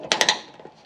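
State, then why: Seated. A rubber grommet, already fitted onto a hard plastic cable guide, is pushed into the tailgate trim of a Model 3 during a power trunk installation. Three sharp clicks are heard at 0.1, 0.2 and 0.3 seconds, followed by faint rustling. The grommet ends up clipped in and properly seated.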